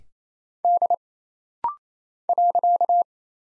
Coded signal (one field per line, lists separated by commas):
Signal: Morse code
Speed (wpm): 27 wpm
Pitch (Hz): 700 Hz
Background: none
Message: D .